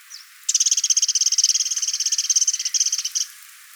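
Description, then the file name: Eurasian wren giving a fast, even, high-pitched trill of rapidly repeated notes lasting nearly three seconds, then breaking off abruptly. "Troglodytes troglodytes"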